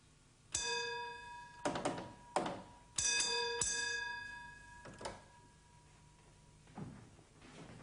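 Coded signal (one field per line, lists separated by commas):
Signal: bell signal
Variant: British railway block bell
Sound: several single bell dings with ringing overtones, mixed with thumps and clunks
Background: mechanical clunks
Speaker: and give the train out of section bell code restoring the block instrument to the normal position.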